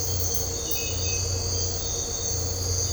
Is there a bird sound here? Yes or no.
no